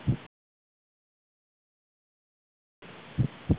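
Dull, low-pitched heart thumps with faint noise between them, briefly interrupted by a silent gap. Coarctation of the aorta, a narrowing of the aorta that obstructs blood flow.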